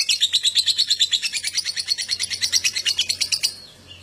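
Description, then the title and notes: Lovebird song: a quick run of harsh, buzzy repeated chirps, stopping abruptly. Adult lovebird singing vigorously, called gacor, with owor-style song. "#5. LOVEBIRD GACOR OWOR OWOR. Lovebird Dewasa"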